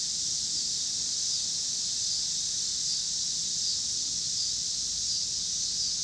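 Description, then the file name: Cicadas buzzing in a smooth, unbroken high drone, with faint low traffic noise below. Cicadas in Pittsburgh, Pennsylvania, on 26 August 2023, with passing car noise. "2023-08-26 cicadas and cars Pittsburgh PA"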